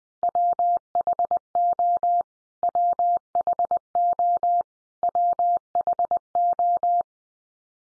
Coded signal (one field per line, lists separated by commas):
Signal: Morse code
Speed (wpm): 20 wpm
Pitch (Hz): 700 Hz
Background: none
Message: WHO WHO WHO